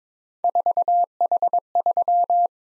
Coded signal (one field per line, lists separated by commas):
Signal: Morse code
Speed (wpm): 22 wpm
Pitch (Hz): 700 Hz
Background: none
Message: 4H3